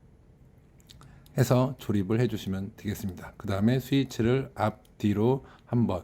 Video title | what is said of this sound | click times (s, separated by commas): 전동시트 등받이, 슬라이딩 스위치 고장시 "0원" 셀프로 고치는 방법, 누구도 알려주지 않는 정보 오픈 | 꼽아 주실 때는 그냥 좌우 딱딱 소리가 나게끔 | 0.8 s, 0.9 s, 1.0 s, 1.3 s